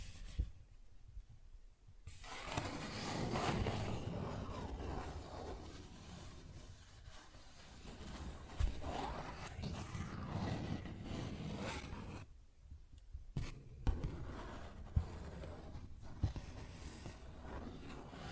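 Paper bag scratching and rustling fills most of the clip, with quiet pauses near two and thirteen seconds and sharp taps around fourteen to sixteen.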